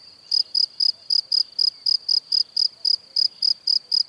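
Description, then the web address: Cricket giving an even run of shrill chirps, roughly four per second, unbroken after a brief quiet start. "Kurs PTTK Przyroda Ptaki Świerszcze"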